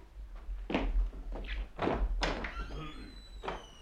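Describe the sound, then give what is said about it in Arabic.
Several dull, hollow knocks on a door, spaced irregularly, with a faint voice briefly audible in the background between the later knocks. “انظري يا لمياء من يدق الباب”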